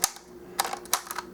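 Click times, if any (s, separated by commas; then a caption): 0.0 s, 0.6 s, 0.9 s. A supported leg ratchet joint on a plastic transforming robot toy is moved, giving light, sharp ratchet clicks at 0.0, 0.6 and 0.9 seconds, with softer clicks between and after. The joint steps into position with a light clicking rather than a big clunk.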